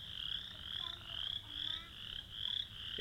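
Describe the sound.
Frogs calling in a dense chorus, overlapping high rasping croaks that swell and fade in waves roughly every half second, with a low rumble underneath.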